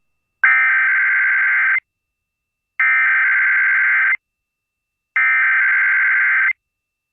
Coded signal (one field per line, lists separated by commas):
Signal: Emergency Alert System (SAME) tones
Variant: header bursts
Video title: WLTW (106.7 Lite FM) EAS Test New York, NY May 7, 2025